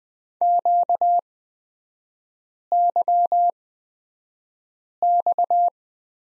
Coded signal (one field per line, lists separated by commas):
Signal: Morse code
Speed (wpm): 20 wpm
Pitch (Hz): 700 Hz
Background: none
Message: QYX